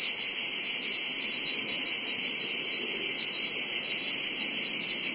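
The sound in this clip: Cicadas droning in a dense, high, hissing buzz without pause or change across the short stretch.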